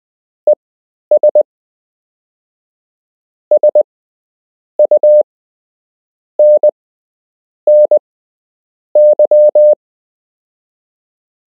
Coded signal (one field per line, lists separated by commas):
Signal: Morse code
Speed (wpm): 20 wpm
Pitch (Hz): 600 Hz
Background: none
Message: ES SUNNY